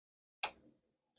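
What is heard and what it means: A Rough Ryder Coal Miner Series Work Knife (RR760) has its folding blade closed into its bone handle, and it snaps shut with a light, sharp snap at 0.4 s. A brief low rattle fades out by about 0.75 s, followed by near silence, and the blade is seated shut.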